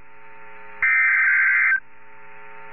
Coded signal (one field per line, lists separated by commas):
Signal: Emergency Alert System (SAME) tones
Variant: header bursts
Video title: (VALID TONES) EAS Tornado Warning for Mobile Co. on NWR KEC61 3/30/22